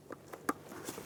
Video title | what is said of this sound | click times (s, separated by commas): How to Replace Rear ABS Sensor 1997-2001 Lexus ES300 | There it is. Push it through, make sure it clicks. | 0.5 s